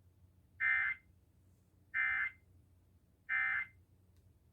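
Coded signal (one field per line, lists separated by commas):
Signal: none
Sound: alert system end beeps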